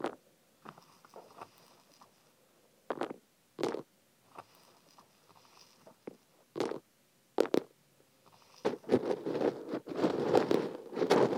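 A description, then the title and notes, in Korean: Sesame seeds are put into an ear, making scattered soft crackles and brief rustling bursts that thicken into dense, continuous crackling near the end. 귀에 참깨 넣는 소리.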